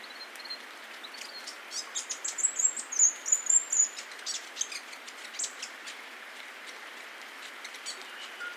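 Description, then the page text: Grey fantail with scattered thin notes building into a squeaky, high twittering phrase, then a few sparse chips fading into hiss. "Rob van Bemmelen - Серая веерохвостка (Rhipidura fuliginosa)"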